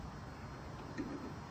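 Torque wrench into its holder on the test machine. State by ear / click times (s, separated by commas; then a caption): not seated / none. A torque wrench is handled as it is put back onto its metal holder on a friction test machine. Only a steady low background noise is heard, with a brief faint rise around 1.0 s. The wrench has not seated or clicked into place yet.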